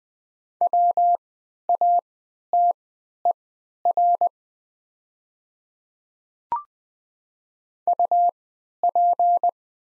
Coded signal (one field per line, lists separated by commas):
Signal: Morse code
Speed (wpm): 20 wpm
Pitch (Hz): 700 Hz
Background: none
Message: WATER UP